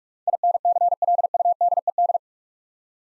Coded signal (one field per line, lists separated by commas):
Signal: Morse code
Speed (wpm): 44 wpm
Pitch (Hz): 700 Hz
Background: none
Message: INCLUDED